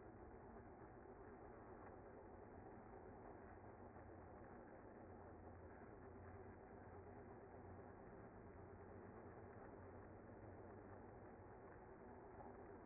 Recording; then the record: honeybee colony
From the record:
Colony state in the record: active